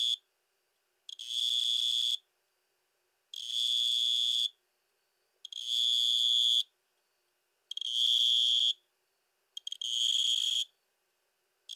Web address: Crickets and Katydids. Twospotted Tree Cricket, Neoxabea bipunctata